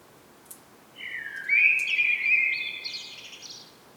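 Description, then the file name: Common blackbird sings a single phrase, a low rising whistle leading into a varied warble and a thin, high chattering finish. "Turdus merula"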